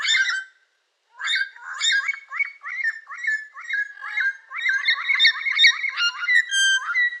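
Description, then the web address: Yellow-crowned amazon calling in a fast, uneven string of loud nasal squawks after a brief pause near the start. "sound yellow-crowned-amazon. دانلود-صدای-پرنده-آمازون-تاجزرد"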